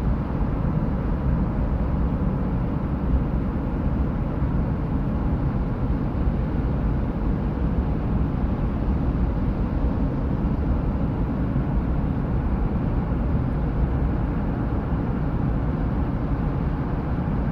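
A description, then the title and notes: A steady, dense white noise rumble weighted toward the low end, unchanging throughout, with a muffled quality and no distinct events. White Noise to Help Infants Sleep.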